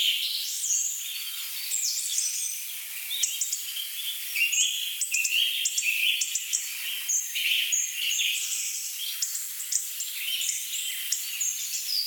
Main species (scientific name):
Dryocopus martius